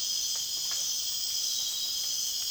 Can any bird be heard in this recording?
no